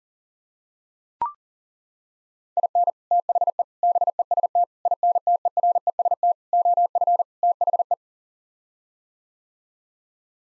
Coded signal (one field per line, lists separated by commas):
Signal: Morse code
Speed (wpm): 40 wpm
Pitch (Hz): 700 Hz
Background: none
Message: IN THE BEST INTEREST OF THE